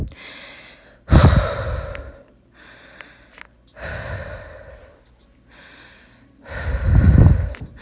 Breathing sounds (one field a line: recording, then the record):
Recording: deep breathing after running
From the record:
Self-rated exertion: vigorous exertion (4 of 6)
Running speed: 6 miles an hour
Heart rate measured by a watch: 160 beats a minute at the start, 158 at the end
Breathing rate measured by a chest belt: 16 breaths a minute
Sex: female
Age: 18 years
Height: 171 cm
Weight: 75 kg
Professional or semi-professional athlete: no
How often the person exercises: 1 to 2 times a week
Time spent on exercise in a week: under 1 hour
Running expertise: no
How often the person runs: 1 to 2 times a week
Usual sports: running, fencing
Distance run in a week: 3 km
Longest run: 21.3 km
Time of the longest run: 190 minutes